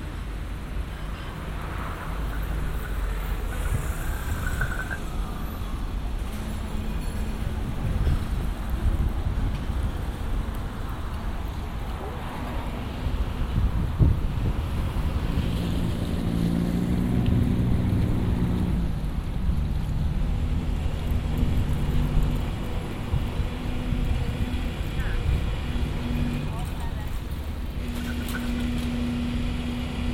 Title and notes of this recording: Amsterdam Street Sounds. The sounds of busy Amsterdam streets. Cyclists, trams, boats and cars.